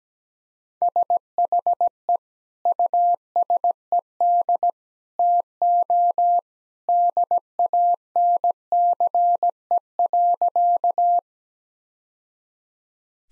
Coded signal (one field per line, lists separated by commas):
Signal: Morse code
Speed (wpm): 17 wpm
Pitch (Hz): 700 Hz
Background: none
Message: SHE USED TO DANCE.